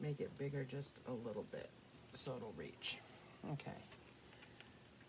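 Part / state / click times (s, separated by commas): harness buckle tongue into car seat buckle / seated / 4.6 s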